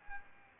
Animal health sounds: mosquito wingbeat signal from an infrared sensor; Aedes albopictus

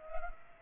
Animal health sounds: mosquito wingbeat signal from an infrared sensor; Culex pipiens

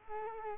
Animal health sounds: mosquito wingbeat signal from an infrared sensor; Culex quinquefasciatus

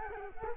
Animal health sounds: mosquito wingbeat signal from an infrared sensor; Culex quinquefasciatus

